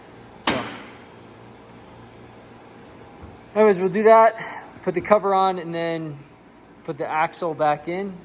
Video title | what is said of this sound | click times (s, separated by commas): Fixing Sled Part 2: Putting It All Back Together! | is always nerve-wracking but I can hear him getting it in I heard it click on so | 0.5 s